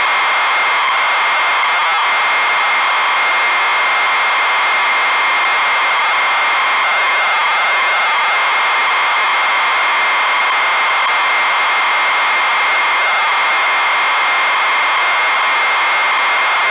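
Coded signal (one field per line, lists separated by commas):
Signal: ZX Spectrum tape loading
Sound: continuous harsh buzzing hiss with a steady high whine, like fast data screech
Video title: zx spectrum loading sim city original from a cassette tape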